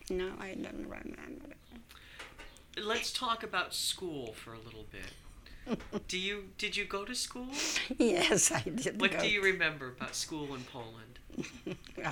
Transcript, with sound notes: No, I don't remember.
Let's talk about school for a little bit. (laughs) Did you go to school?
( she laughs ) Yes, I did.
What do you remember about school in Poland?